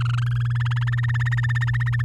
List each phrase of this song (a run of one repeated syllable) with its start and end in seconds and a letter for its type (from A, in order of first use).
0.00-0.68 A, 0.71-2.02 B